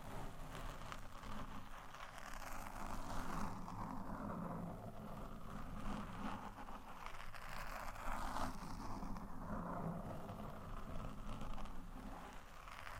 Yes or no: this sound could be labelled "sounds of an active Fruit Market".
no